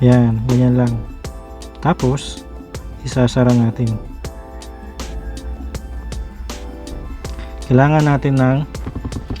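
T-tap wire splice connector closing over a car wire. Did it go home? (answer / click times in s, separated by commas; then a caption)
no / none. A plastic T-tap wire splice connector is handled over a car wire while an auxiliary USB port charger is added to a Montero Sport, before it is squeezed shut with pliers. Someone talks over background music with a steady beat of sharp hits. Nothing has seated or clicked yet.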